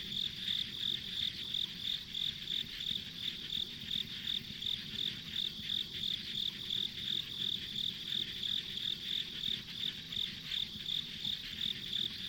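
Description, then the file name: Insect song of rhythmic high chirps repeating quickly and evenly over continuous background noise. Ambient insect sounds recorded on a country road. "田舎道の虫の環境音"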